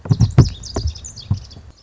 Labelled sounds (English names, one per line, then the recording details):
Lazuli Bunting
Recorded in Sonoma County, California